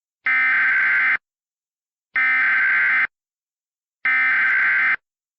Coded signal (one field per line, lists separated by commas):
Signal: Emergency Alert System (SAME) tones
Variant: header bursts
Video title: *VALID TONES* Cracking Earth (EAS Scenario)